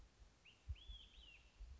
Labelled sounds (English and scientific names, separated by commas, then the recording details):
Olive-sided Flycatcher (Contopus cooperi)
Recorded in Sonoma County, California